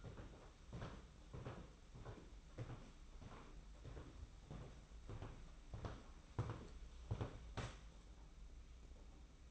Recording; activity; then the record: daily activity, microphone in the room; walk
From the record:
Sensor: 1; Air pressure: 991.6 hPa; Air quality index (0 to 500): 168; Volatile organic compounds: 1000 ppm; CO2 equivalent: 6314 ppm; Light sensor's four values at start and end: 30/102/39/40 and 26/91/35/35